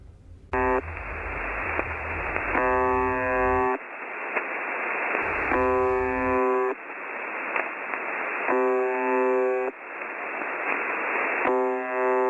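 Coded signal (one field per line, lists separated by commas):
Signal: numbers station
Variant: UVB-76 (The Buzzer)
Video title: Hitler listens to UVB-76 the Buzzer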